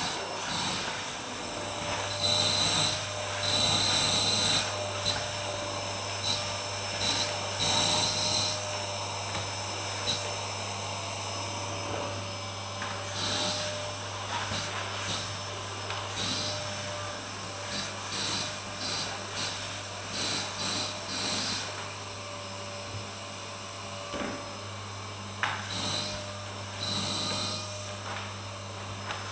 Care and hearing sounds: daily activity, microphone in the room; vacuum cleaning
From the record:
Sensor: 2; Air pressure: 999.9 hPa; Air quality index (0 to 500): 127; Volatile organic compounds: 2 ppm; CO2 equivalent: 1091 ppm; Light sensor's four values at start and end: 28/67/29/32 and 27/67/28/31

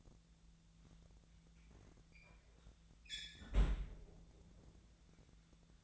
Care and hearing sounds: daily activity, microphone in the room; close fridge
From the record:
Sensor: 3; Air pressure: 1009.7 hPa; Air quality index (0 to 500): 192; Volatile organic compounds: 15 ppm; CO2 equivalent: 2499 ppm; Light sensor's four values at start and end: 38/94/40/43 and 38/94/40/43

